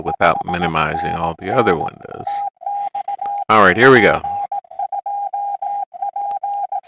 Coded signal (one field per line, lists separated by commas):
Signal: Morse code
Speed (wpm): 18 wpm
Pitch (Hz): 810 Hz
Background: speech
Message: 5NN TX P2P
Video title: Saturday Morning Pota Hunt 4-4-2026